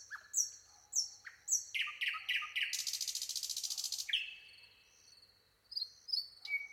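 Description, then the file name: Common nightingale delivering high whistled slurs, a stuttering series of sharp notes and a long rasping rattle, then quieter varied notes. "Luscinia megarhynchos"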